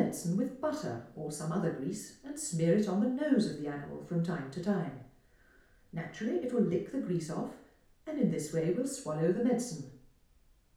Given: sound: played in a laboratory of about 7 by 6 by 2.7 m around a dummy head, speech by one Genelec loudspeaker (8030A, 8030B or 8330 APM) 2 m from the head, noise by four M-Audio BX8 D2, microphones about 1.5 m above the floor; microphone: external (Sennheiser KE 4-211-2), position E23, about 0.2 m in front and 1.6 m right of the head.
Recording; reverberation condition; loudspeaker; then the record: female speech in English; medium; 150 degrees to the right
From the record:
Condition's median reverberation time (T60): about 510 ms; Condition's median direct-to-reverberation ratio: about -0.5 dB